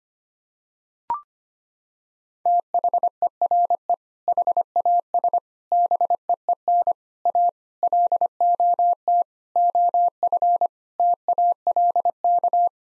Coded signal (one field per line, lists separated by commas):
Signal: Morse code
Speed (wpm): 25 wpm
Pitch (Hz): 700 Hz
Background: none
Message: THERE HAS BEEN A LOT OF TALK